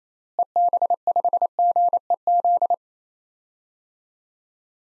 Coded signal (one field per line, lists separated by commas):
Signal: Morse code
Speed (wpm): 28 wpm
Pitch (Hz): 700 Hz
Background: none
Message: EB5GEZ